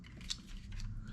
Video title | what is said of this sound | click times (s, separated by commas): Daddys vlog | naka-lock na. | 0.3 s